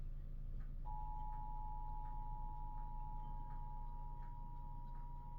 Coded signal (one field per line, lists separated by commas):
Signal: Emergency Alert System (SAME) tones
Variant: 853 and 960 Hz attention tone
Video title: eas rwt Eas #101